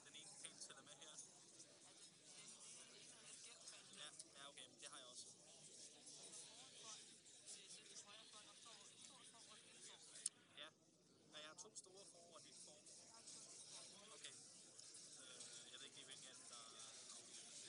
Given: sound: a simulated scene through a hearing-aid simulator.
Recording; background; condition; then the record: conversation; cafeteria; -4 dB SNR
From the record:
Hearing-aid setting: III (slow-acting compression, loudness normalization, advanced features for about 2.5 dB of SNR improvement); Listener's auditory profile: D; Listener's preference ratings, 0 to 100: 30, 52, 19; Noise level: 65 dB SPL